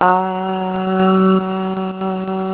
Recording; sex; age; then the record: sustained vowel /a/ by telephone; female; 30 to 39 years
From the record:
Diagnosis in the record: healthy control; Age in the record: 38 years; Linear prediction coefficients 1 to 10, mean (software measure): 1.76, -1.09, 0.30, -0.51, 0.82, -0.24, -0.48, 0.38, 0.02, -0.10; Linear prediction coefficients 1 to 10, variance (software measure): 0.027, 0.113, 0.084, 0.083, 0.092, 0.061, 0.040, 0.054, 0.037, 0.007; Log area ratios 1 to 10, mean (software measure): -2.93, 1.62, -0.43, 0.07, -0.43, 0.95, -0.12, -0.44, 0.30, 0.19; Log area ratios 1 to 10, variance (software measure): 0.132, 0.217, 0.159, 0.030, 0.237, 0.146, 0.137, 0.037, 0.054, 0.029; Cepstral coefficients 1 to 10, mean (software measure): 1.76, 0.47, 0.20, -0.36, 0.05, 0.30, -0.13, -0.03, 0.01, -0.11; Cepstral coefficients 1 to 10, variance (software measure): 0.027, 0.016, 0.026, 0.020, 0.015, 0.016, 0.009, 0.005, 0.007, 0.006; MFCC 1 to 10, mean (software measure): -4.70, 1.74, -0.11, -0.20, 0.51, 0.10, -0.54, 0.92, -0.39, -0.53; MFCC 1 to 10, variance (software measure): 0.691, 0.020, 0.175, 0.183, 0.143, 0.085, 0.243, 0.118, 0.055, 0.081